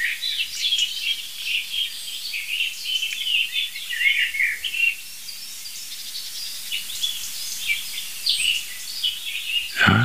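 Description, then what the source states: European Robin alarm calling: a dense stream of thin high notes and sharp ticks, thinning out in the second half. Robin alarm with high far-carrying, hard-to-locate 'zieh' calls spreading the message widely, combined with dull 'schnick' local indicator calls meaning 'here it is'.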